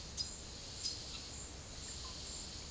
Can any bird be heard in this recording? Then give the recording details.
no. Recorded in secondary vegetation near Puerto Asís, Putumayo, Colombia, on 26 December 2024 at 10:30. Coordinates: 0.489, -76.322. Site G059